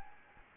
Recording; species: mosquito wingbeat signal from an infrared sensor; Anopheles gambiae